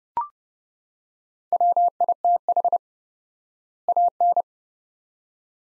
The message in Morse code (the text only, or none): WITH AN